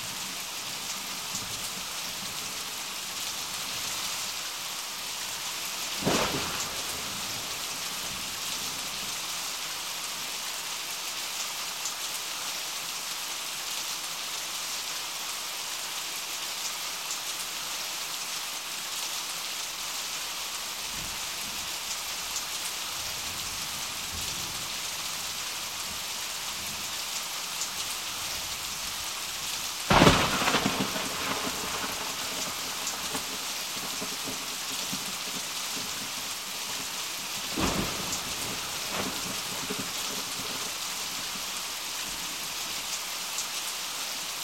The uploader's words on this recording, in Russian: Удары и раскаты грома. Удар грома с последующим дождем.